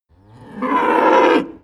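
Cattle: cow giving a single short, loud moo that swells and holds for about a second before stopping.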